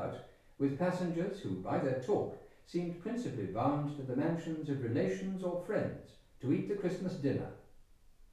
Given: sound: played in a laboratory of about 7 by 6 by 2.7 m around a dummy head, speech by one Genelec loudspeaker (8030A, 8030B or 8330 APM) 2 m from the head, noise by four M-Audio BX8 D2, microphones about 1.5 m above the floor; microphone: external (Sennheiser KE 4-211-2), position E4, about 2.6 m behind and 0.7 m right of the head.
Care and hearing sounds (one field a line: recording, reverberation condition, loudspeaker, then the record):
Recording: male speech in English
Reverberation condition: medium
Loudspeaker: 120 degrees to the left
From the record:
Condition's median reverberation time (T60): about 510 ms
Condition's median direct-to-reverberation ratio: about -0.5 dB